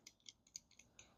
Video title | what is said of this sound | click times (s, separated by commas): Grinding Into It! Bear Claw Latches for the 1947 Ford COE | it locks into place. | 0.6 s